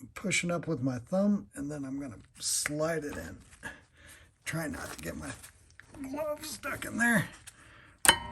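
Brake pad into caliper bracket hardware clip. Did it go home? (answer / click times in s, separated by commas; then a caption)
partly / 8.1 s. A brake pad is pushed up with a gloved thumb and slid into the replaced abutment hardware clip on a caliper bracket while someone talks. A single sharp metallic click sounds at 8.1 s as the pad pops into the clip, but it only partly seats: the new hardware won't cooperate and the pad hangs up.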